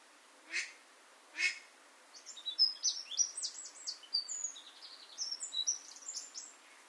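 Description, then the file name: Eurasian wren: two sharp clicks, then a Eurasian wren launching into a long, high, rapid run of chirped and trilled notes. "Troglodytes troglodytes"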